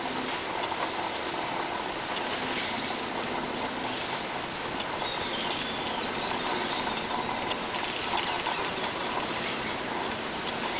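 Bird calls: one high, drawn-out whistled note early on, then scattered short, sharp chirps over a constant background hiss.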